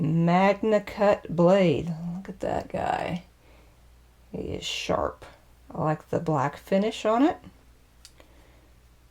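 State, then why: Seated. Someone talks about a Leatherman ARC multi-tool while opening its sharp, black-finished MagnaCut steel knife blade. The blade's little locking mechanism engages with a short, sharp click at 8.1 s, locking the blade in place in the multi-tool handle.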